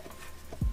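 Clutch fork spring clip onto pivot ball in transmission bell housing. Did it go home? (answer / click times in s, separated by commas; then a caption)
no / none. Pressure is applied by hand to an upgraded cast iron clutch fork for a Z31 inside the transmission bell housing, pushing its retaining spring toward the chromoly pivot ball. Faint handling scuffs and taps are followed by a dull, low thump around 0.6 s. Nothing has clicked or seated yet.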